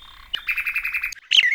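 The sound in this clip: Bird song fragment: a quick run of pulsed, buzzy mid-high notes, a short pause, then a bright, sharp chirp that slides downward.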